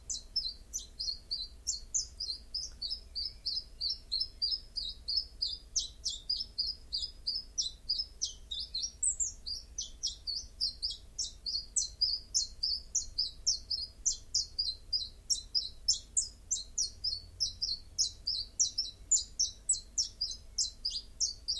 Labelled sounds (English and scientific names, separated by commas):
Common Chiffchaff (Phylloscopus collybita) song